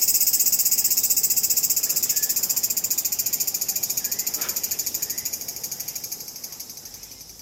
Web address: lynne-publishing insect call circada sci fi sounding long Tokyo Japan cemetary